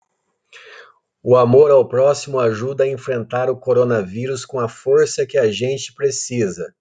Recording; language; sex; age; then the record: spoken sentence; Brazilian Portuguese; male; 40 to 49 years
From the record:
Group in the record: control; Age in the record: 44 years